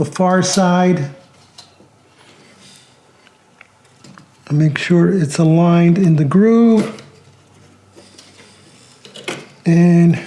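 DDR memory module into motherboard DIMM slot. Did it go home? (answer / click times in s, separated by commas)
no / none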